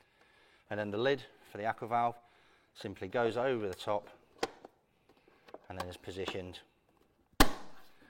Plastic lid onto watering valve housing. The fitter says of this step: and snapped into place and there you have the the tray to grow all set up and ready to use